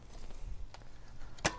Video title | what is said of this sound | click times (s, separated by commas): Which folding bike stand should you buy? $14 eBay model vs $65 Topeak LineUp | now you know click in place and you can see now it kind of fills it out now | 1.5 s